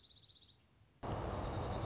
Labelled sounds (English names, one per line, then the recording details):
Dark-eyed Junco
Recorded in Sonoma County, California